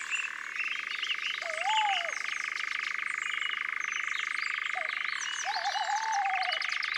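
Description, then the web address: European nightjar giving a long, even, rattling churr that shifts in pitch briefly, while other birds whistle and sing around it, including low wavering whistles. "Engoulevent-d Europe. abc de la nature"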